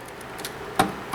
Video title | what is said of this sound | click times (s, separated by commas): The Ultimate Windows XP Gaming PC CPU Upgrade Disaster | there we go there's that satisfying click | 0.8 s